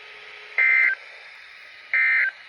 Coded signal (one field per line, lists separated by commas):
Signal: Emergency Alert System (SAME) tones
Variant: end-of-message bursts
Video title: Now we’re ready for chaos thunderstorms. EAS number 32